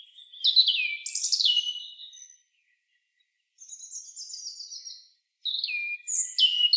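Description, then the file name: European robin singing: thin, high, trickling phrases of varied whistles and sharp descending notes, broken by short silent pauses between bursts. "Erithacus rubecula"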